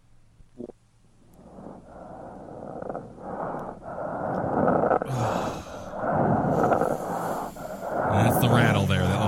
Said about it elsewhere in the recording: Sometimes crackles are produced by the accumulation of secretions in the airway. When the secretions are profuse, the crackles can be heard over the mouth as well as over the chest wall, a sign known to ancient physicians as the death rattle. You will now hear a death rattle in a dying patient over the mouth.